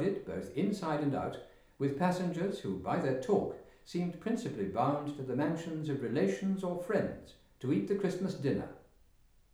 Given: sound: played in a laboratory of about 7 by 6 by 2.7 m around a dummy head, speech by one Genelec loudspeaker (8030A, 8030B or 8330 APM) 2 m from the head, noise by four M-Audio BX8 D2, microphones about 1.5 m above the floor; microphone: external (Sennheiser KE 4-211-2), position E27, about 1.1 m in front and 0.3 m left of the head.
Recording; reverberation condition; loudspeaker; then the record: male speech in English; medium; 60 degrees to the left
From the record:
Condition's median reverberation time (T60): about 510 ms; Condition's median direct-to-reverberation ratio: about -0.5 dB